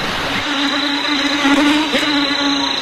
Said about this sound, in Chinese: 澳军在新几内亚岛面临诸多顽敌。蚊子